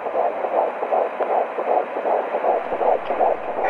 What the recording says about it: This is what your heartbeat sounded like before you were born. A baby's heart rate is faster when it's still in the uterus and slows down after the baby is born.